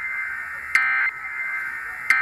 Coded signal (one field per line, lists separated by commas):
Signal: Emergency Alert System (SAME) tones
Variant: end-of-message bursts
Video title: Eas OUN svr on KGAF-AM Eas#1816